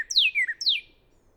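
Northern cardinal song: two loud, clear whistles, each sliding steeply downward from high to lower pitch, the first ending in a short lower slur.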